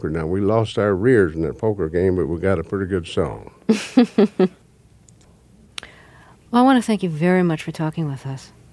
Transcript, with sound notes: Now, we lost our rears in that poker game, but we got a pretty good song.
(Soundbite of laughter) Well, I want to thank you very much for talking with us.